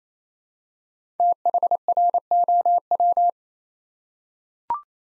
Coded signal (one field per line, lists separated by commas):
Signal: Morse code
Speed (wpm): 28 wpm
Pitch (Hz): 700 Hz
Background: none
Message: THROW